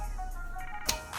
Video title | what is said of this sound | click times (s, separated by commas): KX450 coolant change radiator flush!! | gonna listen out for two clicks one | 0.9 s